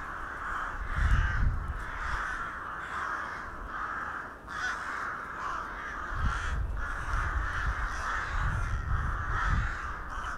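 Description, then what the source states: Crows cawing in a dense overlapping chorus, harsh calls following one another almost without pause, with low rumbling background noise. Several crows recorded in December 2021 in Hernals, Vienna, Austria.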